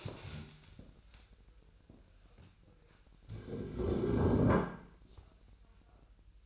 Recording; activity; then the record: daily activity, microphone in the room; stand up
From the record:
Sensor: 2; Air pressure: 1001.7 hPa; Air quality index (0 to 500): 241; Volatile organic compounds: 75 ppm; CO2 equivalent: 3562 ppm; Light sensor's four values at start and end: 9/22/9/10 and 9/21/9/9